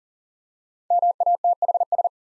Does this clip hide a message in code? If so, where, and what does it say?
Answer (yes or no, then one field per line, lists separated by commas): yes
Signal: Morse code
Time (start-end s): 0.9-2.1 s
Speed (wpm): 37 wpm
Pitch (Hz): 700 Hz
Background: none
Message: MATHS